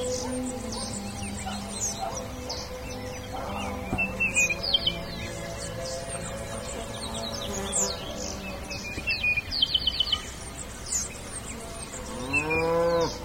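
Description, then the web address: Bird chirps, high and fast, in busy clusters, with a rising tonal whine near the end. "BIRD 2015 SABIOD 50 bird 2015"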